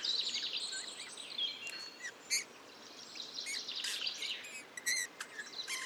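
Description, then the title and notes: Eurasian bullfinch song: a soft, scratchy warble of short high notes and brief whistles, with faint clicks and a steady background hiss. Male in breeding plumage perched on a budding blackthorn, La Sarcena, Drôme, France, 15 March 2020; soft babbling song barely audible to the ear; recorded with parabola, Nagra Seven, Telinga Pro7. "LE CHANT DE LA DISCRETION. 15 mars 2020-La Sarcena - Drôme. Bouvreuil pivoine (Pyrrhula pyrrhula) mâle"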